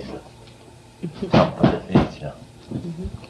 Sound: bangs on table